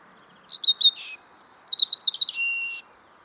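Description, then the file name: European robin song phrase: a few sharp high notes, a shimmering very high trill, then rapid tinkling notes ending in a long steady whistle. "European Robin Erithacus rubecula"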